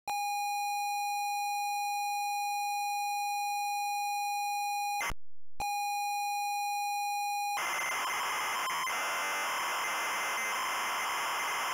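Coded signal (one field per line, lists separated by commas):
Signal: ZX Spectrum tape loading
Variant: ZX Spectrum 128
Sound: steady buzzing lead tone, brief break, another lead tone, then harsh screeching data noise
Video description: Loading mini-game, and short gameplay introduce.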